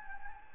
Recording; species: mosquito wingbeat signal from an infrared sensor; Anopheles gambiae